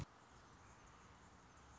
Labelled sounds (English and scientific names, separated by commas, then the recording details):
Anna's Hummingbird (Calypte anna)
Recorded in Sonoma County, California